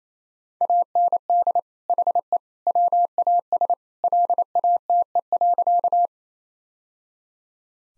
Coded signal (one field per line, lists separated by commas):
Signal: Morse code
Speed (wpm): 28 wpm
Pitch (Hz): 700 Hz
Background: none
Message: AND HE WAS LATE.